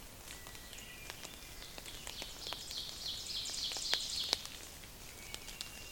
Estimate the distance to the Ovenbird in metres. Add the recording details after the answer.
about 30 m. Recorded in boreal forest in Alberta, Canada, on 29 May 2016 at 06:22. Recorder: SongMeter 3, array SBT-3-49. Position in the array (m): 142 m, 38 m. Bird 16